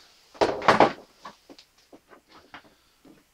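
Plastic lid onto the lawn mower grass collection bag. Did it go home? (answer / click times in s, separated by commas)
yes / 0.7 s, 0.8 s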